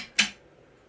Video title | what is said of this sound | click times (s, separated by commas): PDJ Weekly Livestream # 63 - Ball Butler is ALMOST Alive! | But, it's a very satisfying snap fit. | 0.2 s